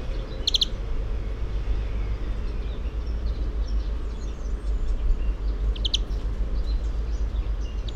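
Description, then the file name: European greenfinch calls: short bursts of sharp clipped notes heard three times, spaced a few seconds apart, against a loud low rumble. "Chloris chloris"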